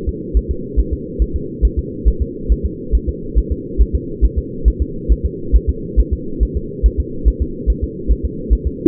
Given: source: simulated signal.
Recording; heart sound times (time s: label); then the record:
fetal heart sounds
0.09 s: S2
0.37 s: S1
0.51 s: S2
0.79 s: S1
0.93 s: S2
1.22 s: S1
1.36 s: S2
1.65 s: S1
1.79 s: S2
2.08 s: S1
2.22 s: S2
2.52 s: S1
2.66 s: S2
2.95 s: S1
3.09 s: S2
3.38 s: S1
3.52 s: S2
3.81 s: S1
3.95 s: S2
4.25 s: S1
4.38 s: S2
4.68 s: S1
4.82 s: S2
5.12 s: S1
5.25 s: S2
5.56 s: S1
5.69 s: S2
6.00 s: S1
6.13 s: S2
6.43 s: S1
6.57 s: S2
6.86 s: S1
7.00 s: S2
7.28 s: S1
7.42 s: S2
7.70 s: S1
7.84 s: S2
8.12 s: S1
8.25 s: S2
8.53 s: S1
8.67 s: S2
From the record:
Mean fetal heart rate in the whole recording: 140 bpm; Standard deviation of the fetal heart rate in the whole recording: 2 bpm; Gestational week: 34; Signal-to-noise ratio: -4.3 dB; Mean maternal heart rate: 72 bpm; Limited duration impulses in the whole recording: present